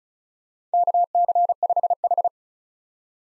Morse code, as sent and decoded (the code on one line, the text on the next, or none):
-.- -.-. ..... ....
KC5H